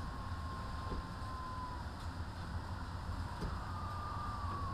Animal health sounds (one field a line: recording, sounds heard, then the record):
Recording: poultry house recording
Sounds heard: healthy chickens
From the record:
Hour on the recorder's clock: 13